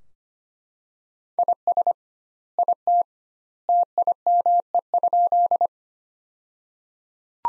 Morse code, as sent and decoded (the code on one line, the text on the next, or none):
.. ... / .. - / - .. -- . ..--..
IS IT TIME?